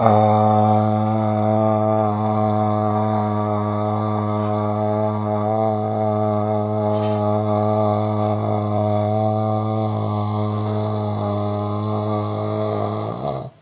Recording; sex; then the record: sustained vowel /a/; male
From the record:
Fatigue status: no fatigue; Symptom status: asymptomatic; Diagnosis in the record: COVID-19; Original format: 3gp